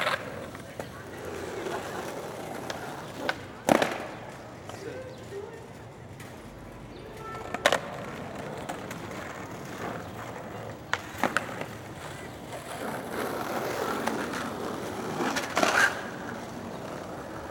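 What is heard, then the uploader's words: Skateboarding in a city park: wheels roll in a steady rough grind, broken by sharp clacks and slams near 3.7, 7.7, 11 and 15.8 seconds as the board hits the ground. Faint voices and outdoor murmur sit underneath throughout. Skateboarding in the City Park.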